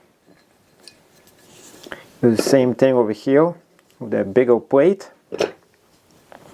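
A large weight plate is handled on the frame of an adjustable kettlebell/dumbbell, with a few short metallic ticks and scrapes early on as someone talks. Nothing has seated or clicked yet by the end of the clip.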